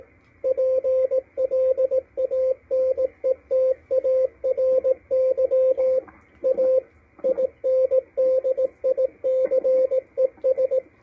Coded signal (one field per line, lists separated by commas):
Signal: Morse code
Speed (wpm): 18 wpm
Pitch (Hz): 520 Hz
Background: radio noise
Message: PLANETARY A INDICES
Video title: W1AW cw decode - MALAHITEAM DSP-2 12-12-2022